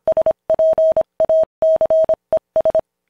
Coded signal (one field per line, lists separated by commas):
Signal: Morse code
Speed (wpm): 26 wpm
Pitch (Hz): 640 Hz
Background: none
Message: SPACES